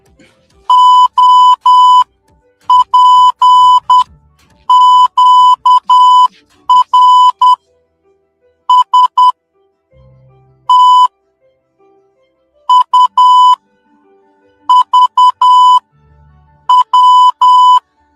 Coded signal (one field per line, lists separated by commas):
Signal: Morse code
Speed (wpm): 10 wpm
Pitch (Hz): 1000 Hz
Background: music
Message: O P Q R S T U V W